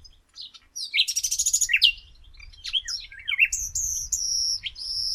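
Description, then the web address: Common nightingale song with a buzzy trill, sharp downslurred chips, then long, pure sustained high whistles repeated several times; faint low background noise. "pub SETE data Luscinia megarhynchos"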